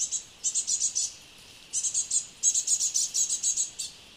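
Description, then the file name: Great tit uttering quick strings of high, clipped notes, a short silence, then more runs of notes. "Parus major"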